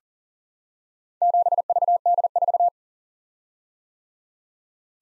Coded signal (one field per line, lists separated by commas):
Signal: Morse code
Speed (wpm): 40 wpm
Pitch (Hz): 700 Hz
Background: none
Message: 7VD4